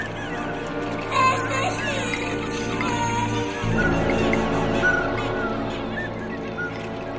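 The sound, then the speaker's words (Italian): A flock of hens clucks steadily, with many overlapping squawks and warbling calls rising and falling over a constant low hum, staying fairly loud throughout. “Allora, adesso devo continuare a minacciare le galline ritardate.”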